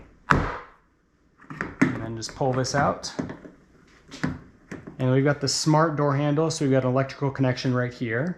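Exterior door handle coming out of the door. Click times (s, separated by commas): 0.3 s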